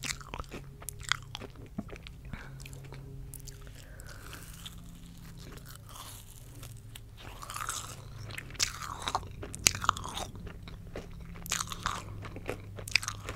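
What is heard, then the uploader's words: Someone eats Easter candy with wet, squishy chewing and crunchy bites, irregular clicks and smacks throughout, louder and denser after the midpoint. ASMR Eating Easter Candy squishy mouth sounds.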